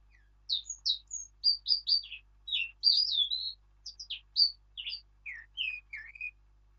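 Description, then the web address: Eurasian blackcap song with clear whistled notes, many sliding downward, delivered in a steady, lively sequence over several seconds. "birdsong Sylvia atricapilla"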